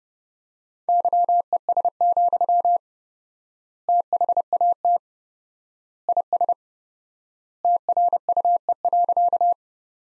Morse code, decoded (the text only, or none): YES, THAT IS TRUE.